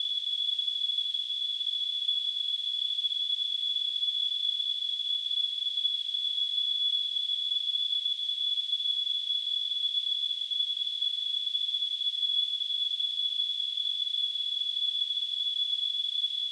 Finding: Tinnitus.